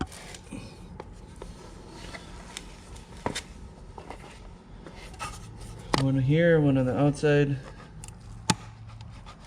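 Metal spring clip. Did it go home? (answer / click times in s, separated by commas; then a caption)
yes / 8.5 s. On a Mitsubishi Galant VR-4 being prepped for transmission install, a clutch release fork slid over the shaft is pressed onto the pivot bolt in the transmission bellhousing until its retaining clip snaps on. Someone talks over quiet handling ticks and scrapes, then a sharp little click at 8.5 s marks the clip seating. The fork is seated and then actuates nicely.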